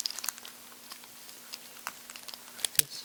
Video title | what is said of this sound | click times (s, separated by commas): HOW TO TAKE THE WHEELS OFF YOUR TOY CARS | You hear a click, and it's right in. | 2.6 s, 2.8 s